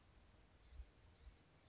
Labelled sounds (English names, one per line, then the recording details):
Blue-gray Gnatcatcher
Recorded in Sonoma County, California